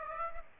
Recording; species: mosquito wingbeat signal from an infrared sensor; Aedes aegypti